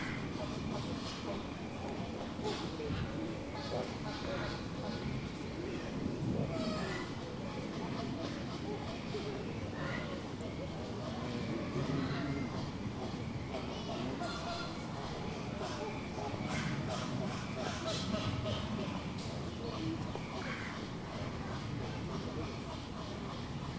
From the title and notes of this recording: General atmosphere in Burgers' Zoo, Arnhem. Recorded with my Zoom's internal mics near the Flamingo pond.